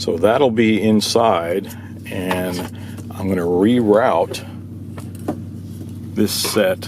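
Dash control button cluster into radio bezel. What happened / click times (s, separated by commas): Handled, not yet home: the control button set is being moved but has not seated / none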